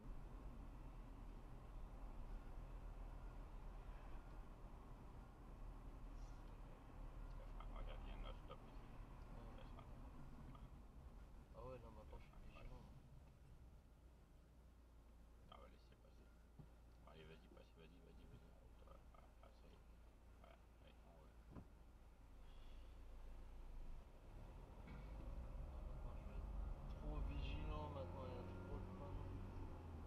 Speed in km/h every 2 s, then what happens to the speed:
32, 32, 31, 31, 24, 16, 2, 0, 0, 0, 1, 12, 19, 26, 25.
0-7 steady at about 31. 7-13 brakes to 0. 13-20 standing. 20-26 pulls away to 26.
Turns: none.